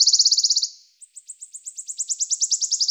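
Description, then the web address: Wood warbler song: a fast, high, shivering trill of sharp repeated notes, then a brief pause before a second trill that starts softly and swells. "Phylloscopus sibilatrix"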